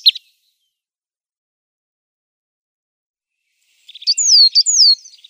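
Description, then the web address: Marsh tit song: a brief high note at the start, then after silence two loud falling whistled notes followed by softer chatter. "Schulze Peter Marsh Tit song"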